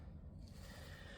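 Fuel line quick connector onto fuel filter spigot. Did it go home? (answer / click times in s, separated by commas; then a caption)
no / none. A quick-connect fuel line end is being handled at the spigot of a new in-line fuel filter, coated with wax oil, on a VW Polo 9n SE 1.4 FSI during a fuel filter replacement. Only a steady low rumble with a faint high tone is heard. Nothing has seated or clicked yet.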